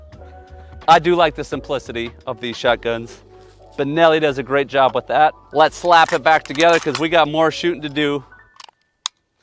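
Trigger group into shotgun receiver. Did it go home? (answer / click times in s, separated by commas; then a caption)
yes / 9.1 s. Someone talks while reassembling a Benelli Montefeltro semi-auto shotgun, followed by a few light handling clicks around 8.6–8.8 s. The trigger group is pushed back into the receiver and clicks into place with a single sharp click at 9.1 s, seated and retained by a single pin.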